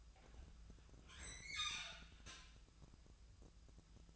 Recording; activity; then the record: daily activity, microphone in the room; open fridge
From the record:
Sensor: 2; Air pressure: 999.9 hPa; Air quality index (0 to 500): 123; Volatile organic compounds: 2 ppm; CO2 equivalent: 1052 ppm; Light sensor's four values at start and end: 32/79/34/38 and 32/79/34/38